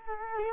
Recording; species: mosquito wingbeat signal from an infrared sensor; Culex quinquefasciatus